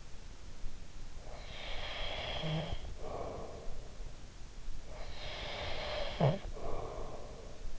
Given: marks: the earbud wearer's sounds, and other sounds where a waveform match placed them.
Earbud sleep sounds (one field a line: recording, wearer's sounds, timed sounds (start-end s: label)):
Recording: sounds in sleep by an in-ear microphone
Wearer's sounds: breath, snoring breath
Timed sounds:
1.00-4.21 s: breath
4.77-7.78 s: snoring breath